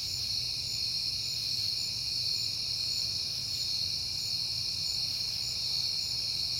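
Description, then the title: An uninterrupted high cricket trill runs from start to finish, layered over a soft, steady low rumble. Recorded on a peaceful night in September; crickets heard often that month. "Night Time: Crickets and Passing Cars"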